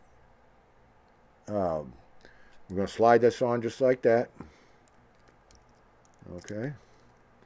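A blade clevis is being slid onto the wire of a jig spinner form, with the safety-pin style clip still to be pushed shut. Someone talks, and a few faint, sharp handling ticks are heard between the speech. Nothing has seated or clicked yet.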